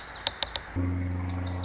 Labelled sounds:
Lazuli Bunting
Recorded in Sonoma County, California

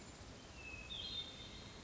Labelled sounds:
Hermit Thrush
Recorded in Sonoma County, California

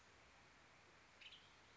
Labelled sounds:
Western Tanager
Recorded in Sonoma County, California

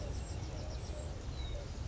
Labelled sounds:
Bewick's Wren
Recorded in Sonoma County, California

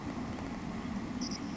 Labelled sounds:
Savannah Sparrow
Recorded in Sonoma County, California

